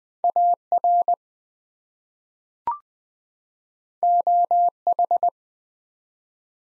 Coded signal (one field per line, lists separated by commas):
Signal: Morse code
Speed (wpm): 20 wpm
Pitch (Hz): 700 Hz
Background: none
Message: AR OH